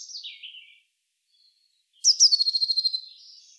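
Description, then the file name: Eurasian blue tit: a high, thin, falling note, a pause, then a rapid buzzy churring rattle of about a dozen pulses that fades into soft chatter. "Cyanistes caeruleus"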